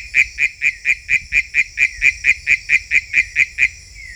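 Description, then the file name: Philautus frog calling in a fast, steady series of short, pulsed notes at a mid-high pitch, with a thin high insect hum running behind. Unidentified Philautus species labelled sp 7. "Philautus sp 7"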